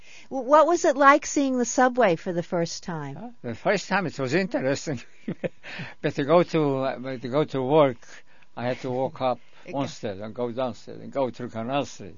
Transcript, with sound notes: What was it like seeing the subway for the first time?
The first time it was interesting. ( he laughs ) To go to, to go to work I had to walk up one stairs, and go downstairs, and go through Canal Street.